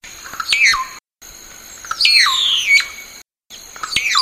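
Long-tailed myna uttering rasping descending squawks, one long drawn-out falling call in the middle, broken by short silent gaps.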